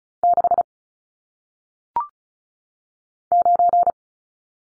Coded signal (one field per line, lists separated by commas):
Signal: Morse code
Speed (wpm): 35 wpm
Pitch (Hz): 700 Hz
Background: none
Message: 6 9